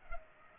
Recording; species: mosquito wingbeat signal from an infrared sensor; Culex pipiens